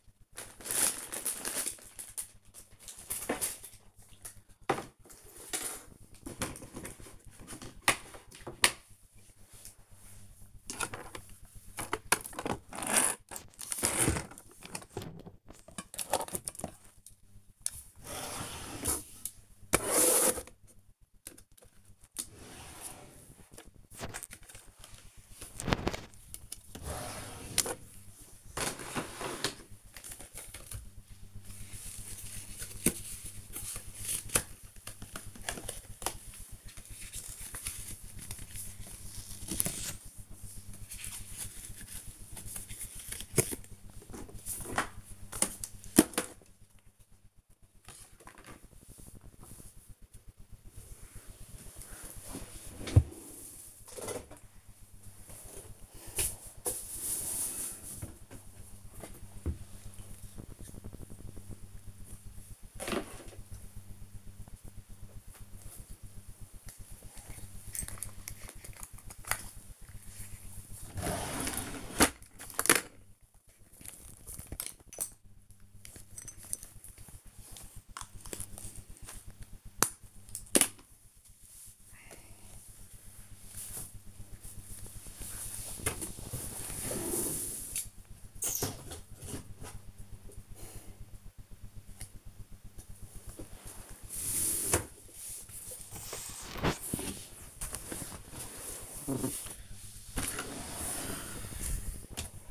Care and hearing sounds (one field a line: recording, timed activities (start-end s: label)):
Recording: household activities, microphone on the right wrist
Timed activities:
0.00-102.51 s: tidy up the cupboard